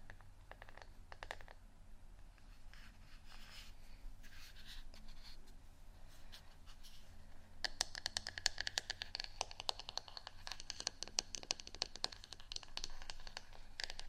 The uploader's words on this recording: ASMR Tapping Only For Relaxation（No Talking）.